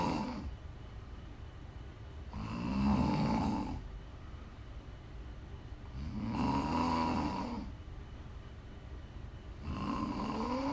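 Three slow, rumbling snores on the in-breath, about 16 per minute, with quiet pauses between them.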